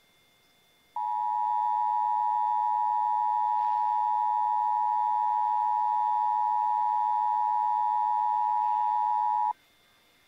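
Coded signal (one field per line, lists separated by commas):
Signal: Emergency Alert System (SAME) tones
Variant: 853 and 960 Hz attention tone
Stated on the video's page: Required Monthly Test on AM/FM radio and television in Tennessee.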